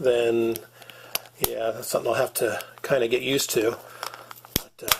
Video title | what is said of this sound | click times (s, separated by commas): Upgraded to a GoPro Hero 5 - Overview & Test | slides right in snaps in place so it's nice and secure and then that way if | 4.6 s, 4.9 s